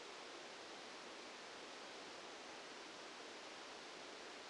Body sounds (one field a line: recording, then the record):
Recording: brain microelectrode recording played as sound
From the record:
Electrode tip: outside the subthalamic nucleus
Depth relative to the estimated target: -10 mm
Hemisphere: left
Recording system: NeuroSet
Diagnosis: Parkinson's disease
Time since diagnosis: 8 years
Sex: male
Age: 65 years